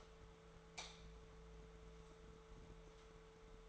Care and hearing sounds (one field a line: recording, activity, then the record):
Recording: daily activity, microphone in the room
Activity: light on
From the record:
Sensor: 3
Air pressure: 1014.7 hPa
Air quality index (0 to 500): 191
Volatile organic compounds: 23 ppm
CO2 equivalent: 2785 ppm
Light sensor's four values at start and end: 42/104/45/48 and 44/112/48/51